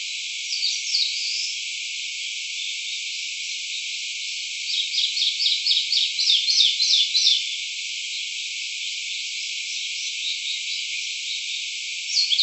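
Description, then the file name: Eastern crowned warbler song: a rapid run of short, sharp repeated notes lasting about three seconds, with fainter scattered chirps before and after over a steady hiss. Recorded at Kawakami on 14 May 2024. "sendaimushikui Kawakami Sannokou Uemura Shingo"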